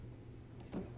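The bottom of a TV is pushed back against the wall so the wall mount's lower bracket latches can engage. A steady low hum runs throughout, with a soft, muffled handling bump around 0.7–0.8 s. Nothing has seated or clicked yet.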